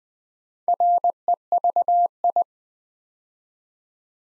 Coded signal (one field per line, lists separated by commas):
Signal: Morse code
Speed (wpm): 20 wpm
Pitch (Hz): 700 Hz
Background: none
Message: REVI